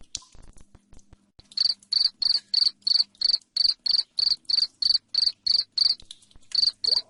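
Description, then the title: Cricket starting after a quiet second, then a long run of shrill, evenly spaced chirps about three per second with one short gap. Loud cricket chirping played to make lovebirds sing continuously. "Suara JANGKRIK NGERIK Keras Bikin LOVEBIRD Jadi NGEKEK Terus Vubey"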